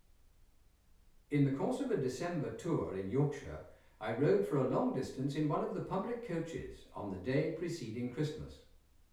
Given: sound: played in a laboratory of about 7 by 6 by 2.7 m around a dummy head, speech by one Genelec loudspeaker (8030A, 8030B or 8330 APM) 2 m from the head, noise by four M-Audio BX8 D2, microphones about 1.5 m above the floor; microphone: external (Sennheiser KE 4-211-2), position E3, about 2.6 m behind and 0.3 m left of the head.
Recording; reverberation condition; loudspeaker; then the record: male speech in English; medium; 60 degrees to the left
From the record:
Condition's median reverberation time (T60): about 510 ms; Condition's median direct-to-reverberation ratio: about -0.5 dB